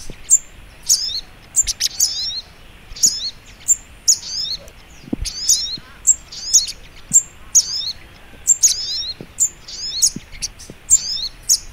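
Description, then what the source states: Little spiderhunter giving thin, very high notes with quick falling twitters, repeated continuously at a brisk pace. Masteran (training) recording, titled Labaik.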